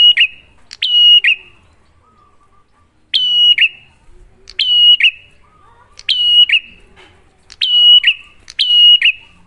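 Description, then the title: Prinia song: bright flat whistles ending in a lower note, two phrases, a pause of nearly two seconds, then five more at regular intervals. Prenjak master recording (masteran), a duet of Cililin vs Kapas Tembak; lure (pancingan) to make a prenjak sing, in active (gacor), clear song. "Masteran Duet Cililin Vs Kapas Tembak. Pancingan Prenjak Gacor Suara Jernih"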